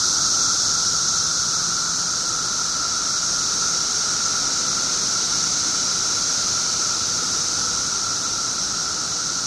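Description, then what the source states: Massed periodical cicadas give a constant high whining hiss, very steady in loudness, with a faint lower drone beneath. 17-year periodical cicadas recorded 18 June 2007 at 1:00 pm.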